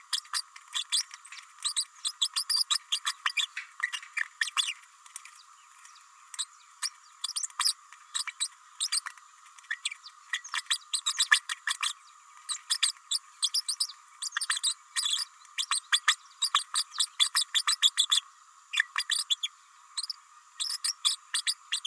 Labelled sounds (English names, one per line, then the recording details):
Green-rumped Parrotlet babbling
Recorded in a nest box in Venezuela
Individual 18B104A3